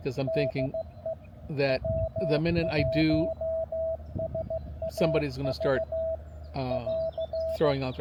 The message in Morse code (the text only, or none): DE W1SAV <AR>